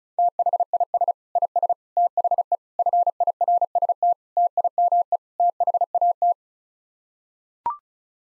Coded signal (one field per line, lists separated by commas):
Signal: Morse code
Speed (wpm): 34 wpm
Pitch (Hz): 700 Hz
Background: none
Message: THIS IS THE FIRST TIME THAT